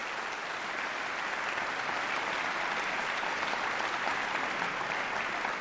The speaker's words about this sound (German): Ich finde, das ist nochmal ein Applaus wert, für die einzelnen Musiker auch.